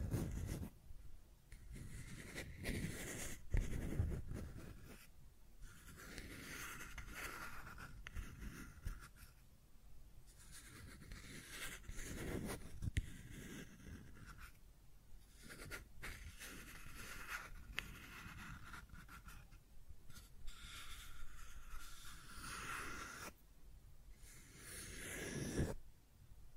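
Scratching and tracing sounds run continuously, a dry rasping texture with bright hiss over a low rumble. Strokes come in irregular bursts of a second or two, with short pauses near 5, 15 and 23 seconds and a louder, heavier scrape around 25 seconds.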